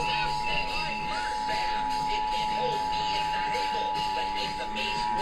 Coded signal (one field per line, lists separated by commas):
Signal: Emergency Alert System (SAME) tones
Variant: 853 and 960 Hz attention tone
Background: speech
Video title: (EAS#396-409) Radio and TV Required Monthly Test